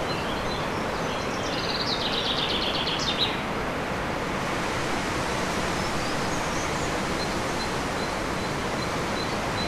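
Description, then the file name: Common chaffinch delivers one accelerating, descending trill with an emphatic final flourish, then only gusting wind and a few faint high notes remain. Recorded in wind on 7 May 2011 with an MZ-N710 recorder. "vent et pinson 7 05 11"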